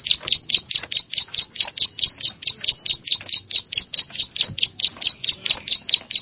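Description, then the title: Prinia song: a fast, steady run of sharp high chirps, continuing without a break throughout. "Ciblek Sawah"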